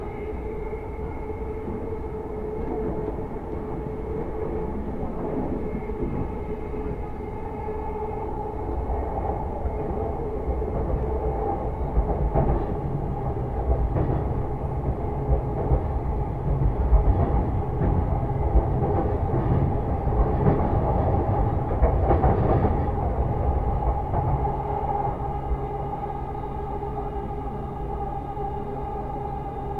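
Inside a commuter train on a city line, the car hums and rumbles steadily with a low, heavy roar and a few sustained motor tones. Around the middle the running noise swells and grows rougher, with rattling clatter from the wheels, then eases slightly toward the end.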